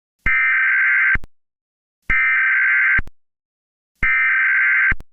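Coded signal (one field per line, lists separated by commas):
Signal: Emergency Alert System (SAME) tones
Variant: header bursts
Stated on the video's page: Mock Civil Danger Warning made with Audacity.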